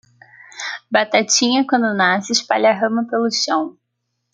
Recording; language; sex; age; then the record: short text; Brazilian Portuguese; female; 20 to 29 years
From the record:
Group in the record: control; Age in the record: 27 years